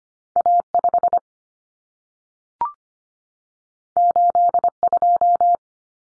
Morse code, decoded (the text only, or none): A5 82